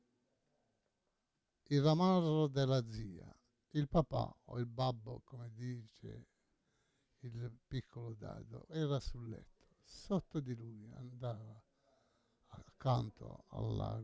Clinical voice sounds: read passage; Italian; male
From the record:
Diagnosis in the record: Parkinson's disease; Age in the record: 68 years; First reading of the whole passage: 85 s, 6.1 characters per second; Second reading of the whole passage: 63 s, 8.2 characters per second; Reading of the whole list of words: 49 s, 5.8 characters per second

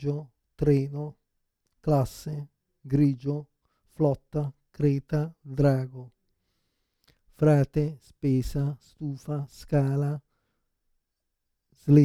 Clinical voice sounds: read list of words; Italian; male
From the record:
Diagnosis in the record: Parkinson's disease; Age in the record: 56 years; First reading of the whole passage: 87 s, 6.0 characters per second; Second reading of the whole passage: 67 s, 7.8 characters per second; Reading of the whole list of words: 59 s, 4.8 characters per second

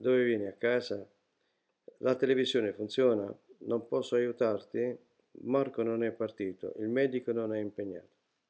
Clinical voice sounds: read phrases; Italian; male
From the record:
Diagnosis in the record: healthy control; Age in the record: 68 years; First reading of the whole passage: 59 s, 8.4 characters per second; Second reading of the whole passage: 56 s, 8.8 characters per second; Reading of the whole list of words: 34 s, 8.3 characters per second

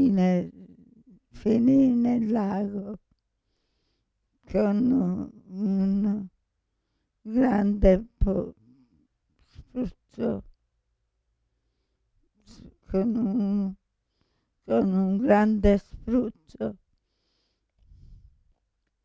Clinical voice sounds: read passage; Italian; female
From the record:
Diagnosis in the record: Parkinson's disease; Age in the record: 65 years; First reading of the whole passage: 242 s, 2.1 characters per second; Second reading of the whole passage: 180 s, 2.9 characters per second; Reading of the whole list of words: 168 s, 1.7 characters per second

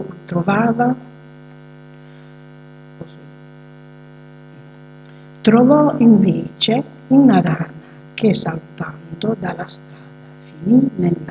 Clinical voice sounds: read passage; Italian; female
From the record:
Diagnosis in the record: healthy control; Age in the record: 62 years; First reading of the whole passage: 101 s, 4.7 characters per second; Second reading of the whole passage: 77 s, 5.9 characters per second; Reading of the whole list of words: 66 s, 3.9 characters per second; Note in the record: marked for poor recording quality or reading difficulty

